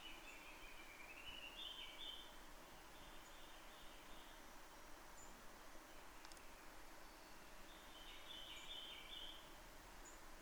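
Townsend's solitaire delivering two bubbly warbled phrases, several seconds apart, each rippling up and down, with a faint click between them and steady hiss.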